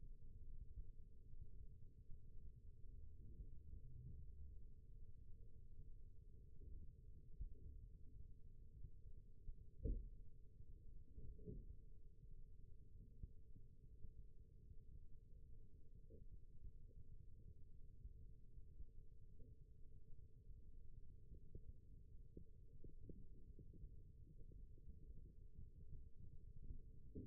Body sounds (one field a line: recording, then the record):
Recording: forearm muscle sounds (acoustic myography)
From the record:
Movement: rest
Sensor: system 1, eight BSWA MPA416 microphones around the upper forearm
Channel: 3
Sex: male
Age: 20 years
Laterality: left